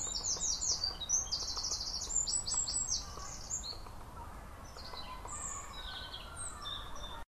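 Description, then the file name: Eurasian wren song: a loud, rapid series of high, sharp trills and notes pouring out for about three seconds, followed by quieter scattered high chirps. "Winterkoning - Troglodytes troglodytes"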